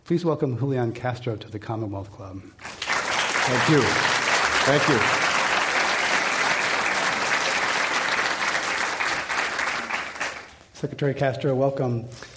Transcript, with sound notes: Please welcome Julian Castro to the Commonwealth Club.
[Applause]
Thank you. Thank you.
Secretary Castro welcome.